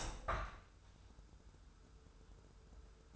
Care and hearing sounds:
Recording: daily activity, microphone in the room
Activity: open window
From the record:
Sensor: 2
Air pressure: 995.6 hPa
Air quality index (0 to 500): 87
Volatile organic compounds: 4 ppm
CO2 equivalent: 1575 ppm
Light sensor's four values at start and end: 24/76/30/29 and 24/77/31/29

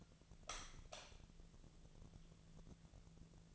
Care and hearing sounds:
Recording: daily activity, microphone in the room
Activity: light on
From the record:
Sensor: 4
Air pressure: 1000.8 hPa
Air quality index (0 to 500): 126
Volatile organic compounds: 1 ppm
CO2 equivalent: 948 ppm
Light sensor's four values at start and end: 33/80/33/36 and 35/90/37/40

